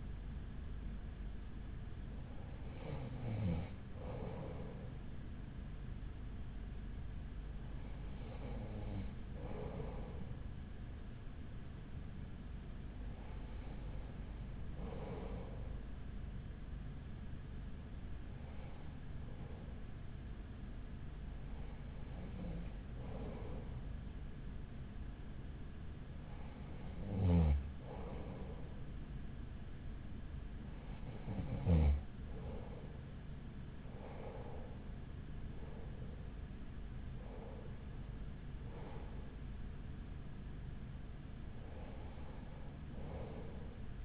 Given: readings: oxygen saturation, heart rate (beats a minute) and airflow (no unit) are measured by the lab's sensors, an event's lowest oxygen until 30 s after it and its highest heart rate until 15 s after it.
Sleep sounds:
breathing in sleep by a smartphone at the bedside; 1
11.00-35.00 s: hypopnea (N2, oxygen 95% highest, then 94% lowest, heart rate 42 at the start, 48 highest)
From the record:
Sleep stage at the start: N2 (light sleep); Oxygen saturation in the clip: 94 to 95%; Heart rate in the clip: 41 to 48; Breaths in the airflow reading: 10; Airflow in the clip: -6.3 to 5.3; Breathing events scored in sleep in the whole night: 207 in 7.6 hours asleep

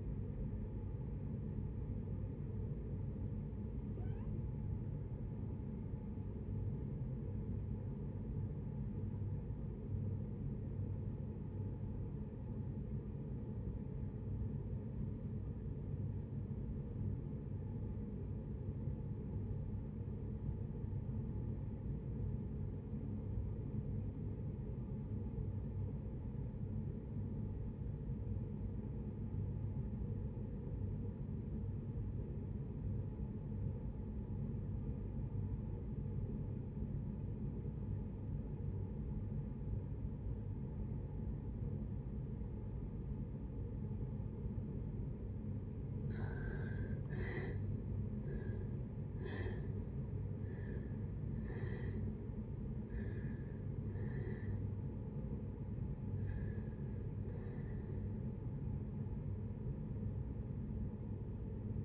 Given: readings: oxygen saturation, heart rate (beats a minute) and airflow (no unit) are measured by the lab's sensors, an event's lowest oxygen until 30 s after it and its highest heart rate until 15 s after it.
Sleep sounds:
breathing in sleep by a smartphone at the bedside; 1
6.00-45.70 s: obstructive apnea (REM, oxygen 93% highest, then 57% lowest, heart rate 70 at the start, 87 highest)
From the record:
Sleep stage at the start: REM sleep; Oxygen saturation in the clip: 57 to 93%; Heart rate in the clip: 56 to 87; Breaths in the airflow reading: 6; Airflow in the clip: -7.6 to 7.9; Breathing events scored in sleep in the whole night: 496 in 5.4 hours asleep

